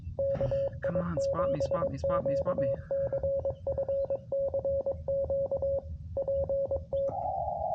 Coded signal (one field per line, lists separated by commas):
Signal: Morse code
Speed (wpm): 22 wpm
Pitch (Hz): 550 Hz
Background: speech, radio noise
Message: KI7QCF CQ PT